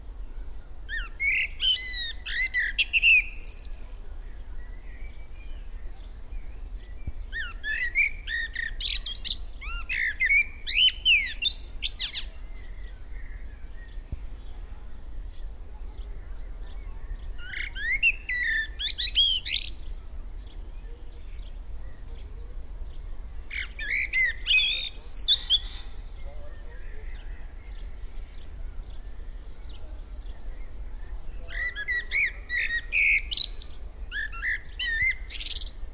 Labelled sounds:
Common Blackbird (Turdus merula) song

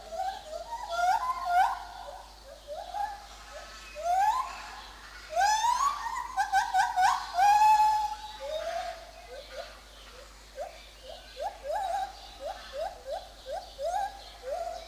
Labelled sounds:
Lar Gibbon (Hylobates lar)

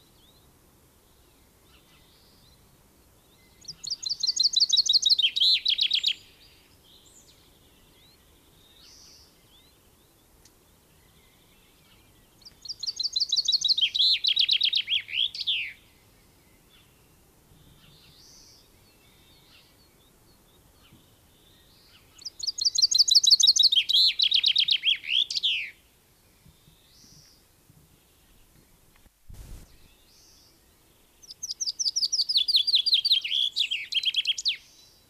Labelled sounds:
Common Chaffinch (Fringilla coelebs) song

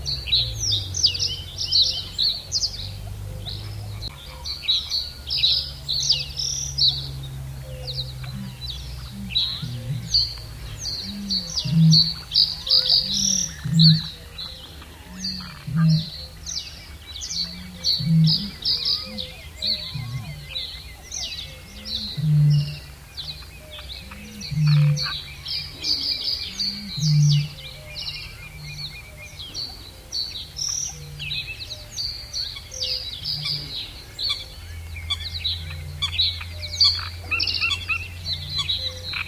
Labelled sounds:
Reed Bunting (Emberiza schoeniclus)

